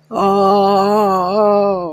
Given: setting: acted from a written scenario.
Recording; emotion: vocal sound without words; distress